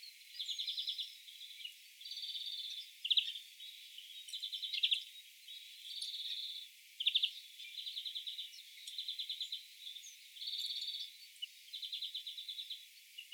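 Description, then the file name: European greenfinch song: repeated fast ringing trills and twittering phrases, each about half a second long, delivered almost continuously, with some soft chirps between and light background hiss. "Chloris chloris"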